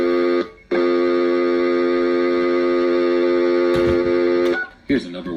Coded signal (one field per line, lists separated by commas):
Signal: telephone call progress tone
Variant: North America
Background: speech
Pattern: dial tone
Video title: Telephone is not in service part 001